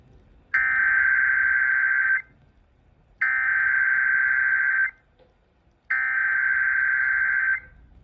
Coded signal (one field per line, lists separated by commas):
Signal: Emergency Alert System (SAME) tones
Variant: header bursts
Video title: First Severe Weather Event of 2023 (4/7/23) (EAS #533 - 546)